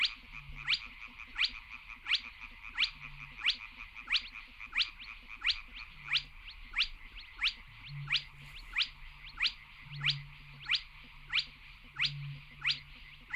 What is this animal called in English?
Spotted Crake